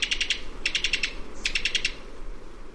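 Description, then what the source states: Cuban Tody giving a staccato call, three short runs of crisp ticking notes with quiet gaps between. Staccato call; woodlands of Cuba, West Indies.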